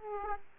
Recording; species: mosquito wingbeat signal from an infrared sensor; Aedes aegypti